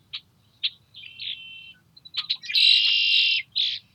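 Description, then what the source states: Red-winged blackbird song: a few clipped introductory notes, then a loud, sustained buzzy trill lasting almost a second, ending with a short burst. Nesting in cattails near a house in Montana; morning of April 21, 2022, after fresh snow; birds reacted to the furry-covered mic; Rode NTG-2 shotgun mic on boom pole, Zoom H4N recorder.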